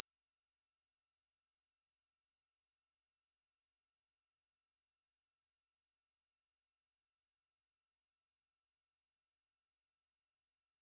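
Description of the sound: A faint, steady, very high-pitched tone that does not change, a simulation of tinnitus ringing.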